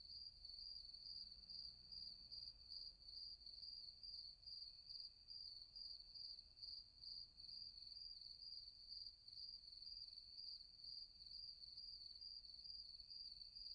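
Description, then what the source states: Cricket chirping: a high, steady, ringing trill pulsing in quick chirps about twice a second, with a faint low rumble underneath. Several crickets.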